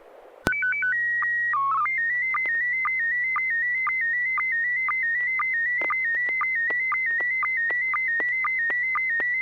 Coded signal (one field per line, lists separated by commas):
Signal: SSTV (slow-scan television)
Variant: PD 120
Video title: N6NA SSTV Net - 04/06/2022